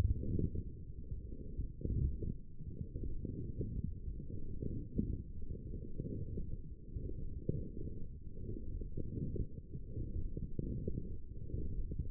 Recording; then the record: forearm muscle sounds (acoustic myography)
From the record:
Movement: forearm supination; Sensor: system 1, eight BSWA MPA416 microphones around the upper forearm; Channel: 3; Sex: female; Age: 20 years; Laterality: right